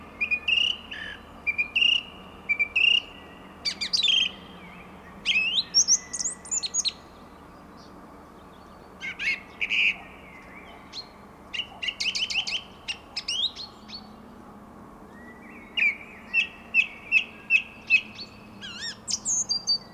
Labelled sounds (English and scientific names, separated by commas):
Song Thrush (Turdus philomelos) song